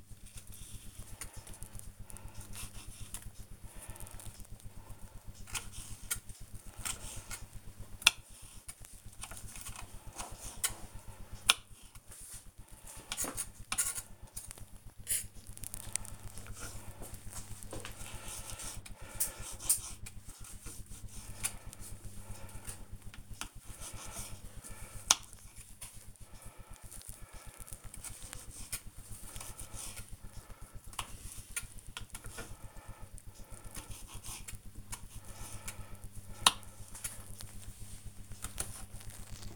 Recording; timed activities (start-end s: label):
household activities, microphone on the right wrist
0.00-39.02 s: cutting vegetables